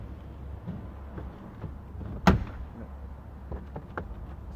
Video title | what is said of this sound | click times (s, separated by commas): How to install aftermarket head unit into a Mitsubishi lancer CJ 2007 to 2013 | you're first on the list and you're gonna hear like that snapping cracked well decided | 2.3 s